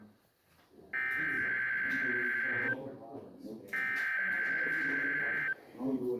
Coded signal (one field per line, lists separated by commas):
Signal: Emergency Alert System (SAME) tones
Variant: header bursts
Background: speech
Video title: (EAS) 2023 Alabama Statewide Tornado Drill On KIH54